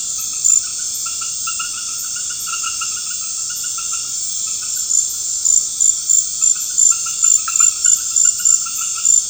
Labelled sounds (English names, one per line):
none